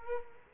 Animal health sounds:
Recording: mosquito wingbeat signal from an infrared sensor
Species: Culex quinquefasciatus

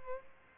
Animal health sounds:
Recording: mosquito wingbeat signal from an infrared sensor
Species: Aedes albopictus

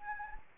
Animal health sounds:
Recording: mosquito wingbeat signal from an infrared sensor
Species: Anopheles arabiensis

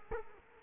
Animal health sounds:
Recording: mosquito wingbeat signal from an infrared sensor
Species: Culex quinquefasciatus

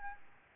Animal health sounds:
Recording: mosquito wingbeat signal from an infrared sensor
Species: Aedes albopictus

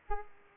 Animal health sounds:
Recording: mosquito wingbeat signal from an infrared sensor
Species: Aedes aegypti

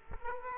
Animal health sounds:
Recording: mosquito wingbeat signal from an infrared sensor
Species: Culex quinquefasciatus

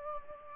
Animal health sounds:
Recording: mosquito wingbeat signal from an infrared sensor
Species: Culex pipiens

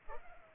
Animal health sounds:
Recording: mosquito wingbeat signal from an infrared sensor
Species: Culex pipiens

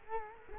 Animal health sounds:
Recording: mosquito wingbeat signal from an infrared sensor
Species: Culex quinquefasciatus

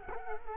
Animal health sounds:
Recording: mosquito wingbeat signal from an infrared sensor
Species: Culex quinquefasciatus

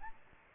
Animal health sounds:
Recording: mosquito wingbeat signal from an infrared sensor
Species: Aedes aegypti

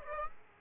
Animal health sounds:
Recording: mosquito wingbeat signal from an infrared sensor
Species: Aedes aegypti

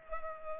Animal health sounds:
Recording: mosquito wingbeat signal from an infrared sensor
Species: Culex pipiens

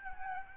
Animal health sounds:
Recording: mosquito wingbeat signal from an infrared sensor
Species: Aedes albopictus

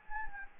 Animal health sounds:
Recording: mosquito wingbeat signal from an infrared sensor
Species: Anopheles gambiae

